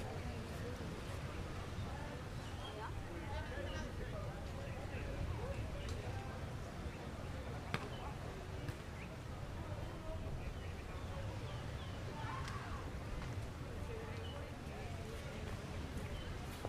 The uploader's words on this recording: Beach Day At Parque Los Fundadores. In this episode we are enjoying a beach day in Playa Del Carmen. People chatting and enjoying the sun as well as the ocean waves in the back. Spanish Speaking.